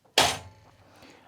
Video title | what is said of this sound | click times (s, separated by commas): How to adjust your DeWalt Miter Saw to make PERFECT cuts. 4k | You're going to hear an audible detent | 0.2 s